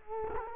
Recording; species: mosquito wingbeat signal from an infrared sensor; Culex quinquefasciatus